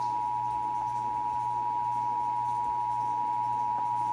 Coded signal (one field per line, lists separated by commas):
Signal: Emergency Alert System (SAME) tones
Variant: 853 and 960 Hz attention tone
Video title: (EAS #537-544) November 2023 Texas Required Monthly Test